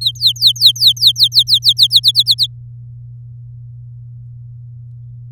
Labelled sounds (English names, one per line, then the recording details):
Domestic Canary song
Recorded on 7 May 2018 at 17:11
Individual llb16